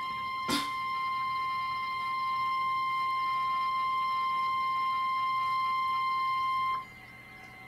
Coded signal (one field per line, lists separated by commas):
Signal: Emergency Alert System (SAME) tones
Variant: 1050 Hz attention tone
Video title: NOAA Weather Radio: Severe T'Storm Warning/ Tornado Warning (EAS #88-89)